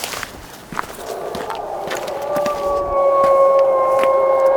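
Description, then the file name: Golden jackal howl building out of a rough rushing background, then settling into a steady, sustained tonal wail with scattered faint clicks. "Sciacallo dorato"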